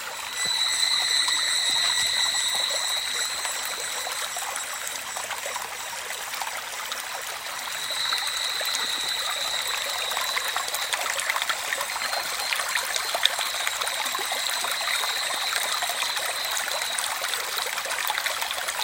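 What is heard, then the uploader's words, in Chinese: Cicadas drone over a rushing mountain stream. The water keeps up a dense, steady hiss, while several insects sing sustained high, thin tones that shift in prominence, one fading around the middle and another rising after ten seconds. The overall level stays nearly constant. 坪溪古道(淡蘭古道坪溪段)的蟬鳴溪流體驗。單純用手機的語音備忘錄。記錄了蟬鳴與溪流的和奏。這 就是台灣夏天的樣貌。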